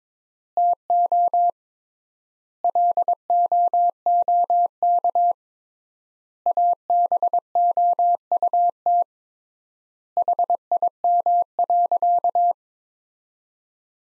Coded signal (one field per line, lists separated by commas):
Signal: Morse code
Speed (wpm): 22 wpm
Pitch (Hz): 700 Hz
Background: none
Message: TO LOOK ABOUT HIM.